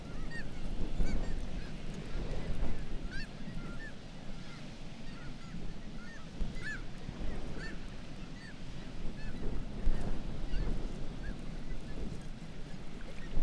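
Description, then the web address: Black-legged kittiwake calls, short arched notes from several birds repeated in loose bursts, set against a steady low rumbling background noise. "sound Black-legged-kittiwake. صدای-پرنده-کاکایی-پاسیاه"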